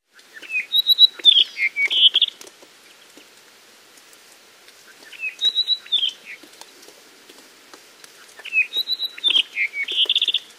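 Apapane song: three phrases, each a quick cluster of clear whistles, slurred downward notes and short trills, separated by quiet gaps.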